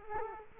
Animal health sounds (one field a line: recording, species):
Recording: mosquito wingbeat signal from an infrared sensor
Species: Culex quinquefasciatus